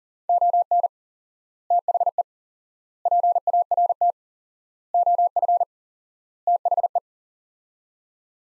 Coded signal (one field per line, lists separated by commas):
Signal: Morse code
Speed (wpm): 40 wpm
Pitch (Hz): 700 Hz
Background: none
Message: ON THE PART OF THE